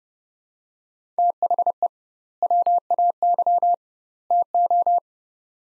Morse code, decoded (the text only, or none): THE WAY TO